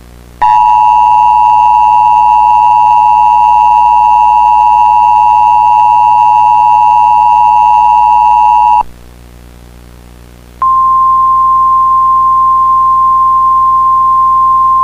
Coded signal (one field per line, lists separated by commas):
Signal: Emergency Alert System (SAME) tones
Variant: 853 and 960 Hz attention tone